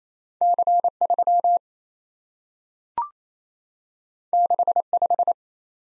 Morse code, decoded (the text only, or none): C3 65